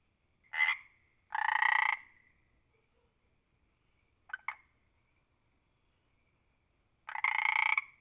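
Frog croaks, four pulsed rasping bursts of varying length spread across several seconds with quiet gaps between.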